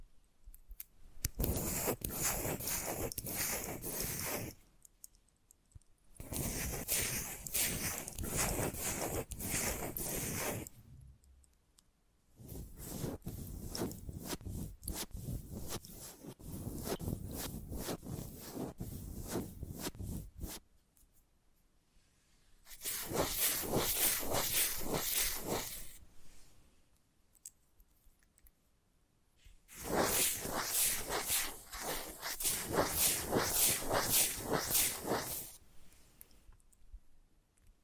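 Invisible scratching and tracing comes in five dense, gritty bursts of several seconds each, separated by short silences, bright and rasping throughout.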